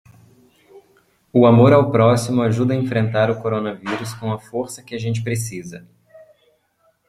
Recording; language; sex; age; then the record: spoken sentence; Brazilian Portuguese; male; 20 to 29 years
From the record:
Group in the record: control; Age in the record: 20 years